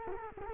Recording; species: mosquito wingbeat signal from an infrared sensor; Culex quinquefasciatus